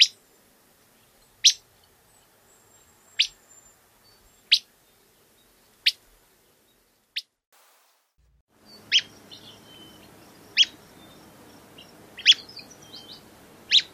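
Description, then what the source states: Willow Flycatcher giving crisp, abrupt whip notes roughly every one and a half seconds, first in quiet, then over a louder rushing background. Whip call, the most common call of this flycatcher.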